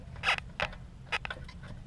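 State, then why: Not seated. During a wheel bearing swap on a Cadillac DeVille, the plastic electrical connector of the ABS wheel speed sensor is being handled and pushed toward the wiring harness connector. Short bright plastic rattles and scrapes come in bursts around 0.3, 0.6, and 1.1 to 1.3 seconds over a steady low hum. Nothing has seated or clicked yet.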